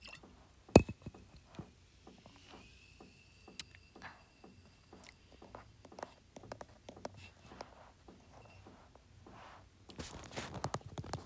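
Fingernails tap in quick, uneven patter, with a sharp louder click just before the first second. A faint high ringing hangs under the taps early on, and near the end the tapping grows denser and louder before stopping.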